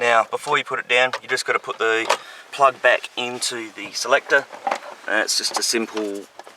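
Someone talks while handling the wiring harness plug that goes back onto the rear of the dashboard selector rocker switch in a PX Ranger, before the trim panel is set down. A brief faint sound occurs near 6.5 s, but nothing has seated or clicked yet.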